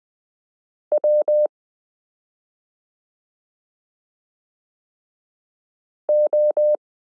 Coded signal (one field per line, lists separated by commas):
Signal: Morse code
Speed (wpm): 20 wpm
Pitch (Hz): 600 Hz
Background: none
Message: W O